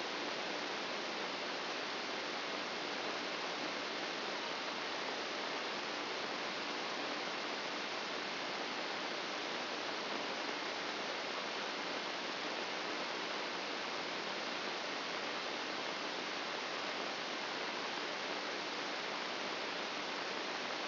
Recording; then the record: brain microelectrode recording played as sound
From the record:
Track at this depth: inside the subthalamic nucleus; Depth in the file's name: 0.429 mm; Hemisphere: left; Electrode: 2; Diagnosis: Parkinson's disease